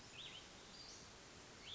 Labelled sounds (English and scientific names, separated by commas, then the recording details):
Cassin's Vireo (Vireo cassinii)
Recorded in Sonoma County, California